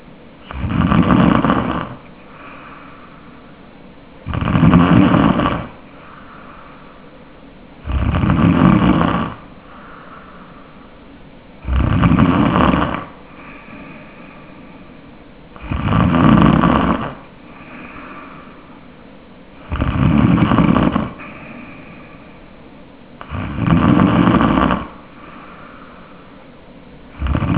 Tongue base snoring.